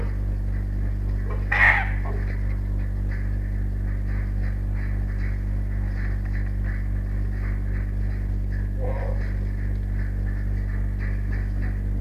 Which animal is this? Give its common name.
Arctic Fox